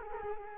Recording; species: mosquito wingbeat signal from an infrared sensor; Culex quinquefasciatus